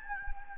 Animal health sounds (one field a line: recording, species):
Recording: mosquito wingbeat signal from an infrared sensor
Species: Anopheles gambiae